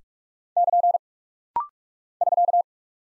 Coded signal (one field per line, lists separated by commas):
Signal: Morse code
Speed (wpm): 42 wpm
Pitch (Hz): 700 Hz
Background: none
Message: <KN> <SK>